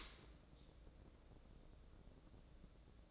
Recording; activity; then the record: daily activity, microphone in the room; open dishwasher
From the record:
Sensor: 3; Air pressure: 1012.3 hPa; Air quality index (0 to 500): 158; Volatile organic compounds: 2 ppm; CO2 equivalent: 1215 ppm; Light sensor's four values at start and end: 508/1249/515/509 and 498/1223/504/498